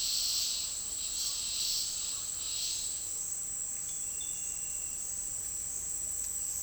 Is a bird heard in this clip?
no